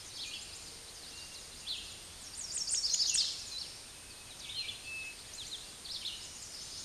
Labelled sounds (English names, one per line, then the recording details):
Red-eyed Vireo song
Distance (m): 35 m
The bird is about 20 m above the microphone
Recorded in a Pennsylvania forest on 16 May 2024 at 06:31
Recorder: AudioMoth, point MSD-0398
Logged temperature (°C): 16.4 °C
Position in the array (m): 164 m, 71 m